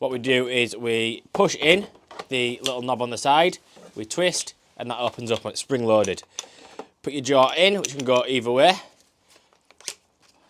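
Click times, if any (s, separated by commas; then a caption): 9.9 s. Someone talks while a pressing jaw is fitted into the spring-loaded, opened head of a battery pipe press gun, metal on metal. After a few faint taps, the jaw locks into place with a sharp click at 9.9 s.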